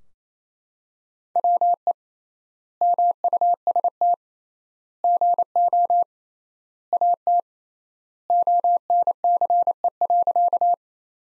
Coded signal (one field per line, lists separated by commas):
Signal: Morse code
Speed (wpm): 28 wpm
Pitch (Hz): 700 Hz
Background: none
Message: WE MUST GO AT ONCE.